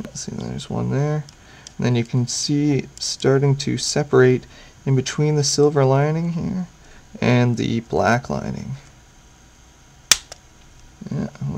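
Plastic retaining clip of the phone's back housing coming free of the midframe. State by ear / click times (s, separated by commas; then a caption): released / 10.1 s. Someone talks while prying with a flat-head screwdriver between the silver and black parts of a Samsung Focus smartphone's case to free the plastic retaining clips of the back housing from the midframe. At 10.1 s a sharp pop is heard as a plastic retaining clip comes free, followed by faint ticks.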